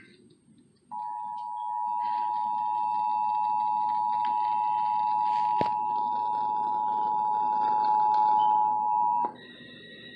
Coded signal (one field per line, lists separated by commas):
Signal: Emergency Alert System (SAME) tones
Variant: 853 and 960 Hz attention tone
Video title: Los Angeles Required Monthly Tests (EAS #1287-1318) 8/27/19